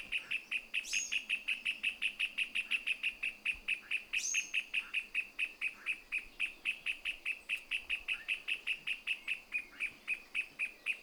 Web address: Pale legged hornero. صدای-پرنده-هورنرو-پاروشن